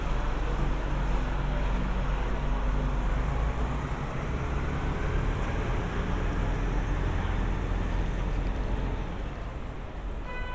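A walk through Central Park near 72nd Street, dominated by a steady, dense rumble of passing traffic with a deep low hum underneath. The wash of vehicle noise holds fairly constant, easing slightly toward the end, with faint brighter tones appearing in the last second.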